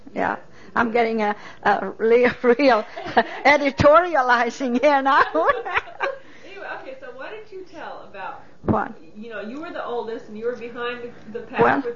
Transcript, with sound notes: Yeah. I'm getting a real, ( they laugh ) editorializing here now. ( they laugh )
Okay. So why don't you tell about, you know, you were the oldest, and you were behind the pack with the little...